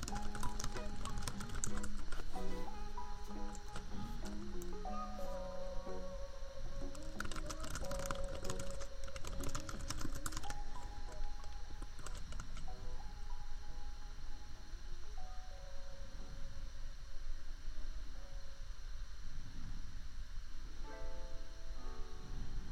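Keyboard tapping in dense bursts near the start and around seconds 7 to 10, over a mellow lofi melody and a steady laptop fan hum.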